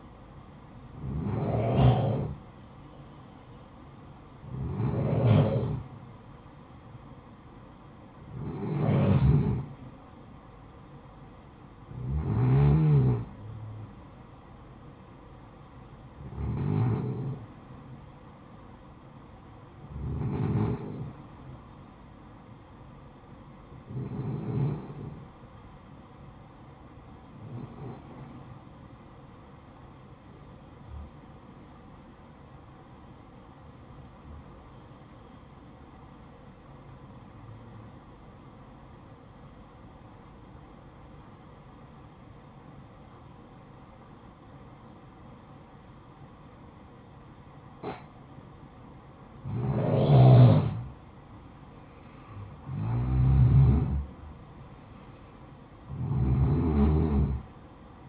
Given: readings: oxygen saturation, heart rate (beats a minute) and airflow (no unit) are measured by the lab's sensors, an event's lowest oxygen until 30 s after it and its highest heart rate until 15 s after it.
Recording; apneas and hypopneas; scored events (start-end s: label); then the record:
breathing in sleep by a smartphone at the bedside; 1
26.00-58.09 s: new sleep stage, N2 (light sleep)
29.00-49.70 s: hypopnea (N2, oxygen 96% highest, then 91% lowest, heart rate 59 at the start, 67 highest)
From the record:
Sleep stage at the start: N1 (lightest sleep); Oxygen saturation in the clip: 91 to 96%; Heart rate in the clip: 55 to 67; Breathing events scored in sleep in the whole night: 573 in 9.8 hours asleep